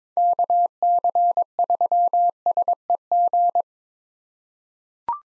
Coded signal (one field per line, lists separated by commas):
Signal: Morse code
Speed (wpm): 22 wpm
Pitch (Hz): 700 Hz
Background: none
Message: KC3SEG